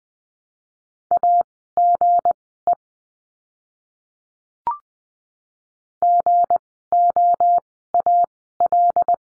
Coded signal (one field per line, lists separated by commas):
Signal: Morse code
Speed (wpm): 20 wpm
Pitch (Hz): 700 Hz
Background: none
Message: AGE GOAL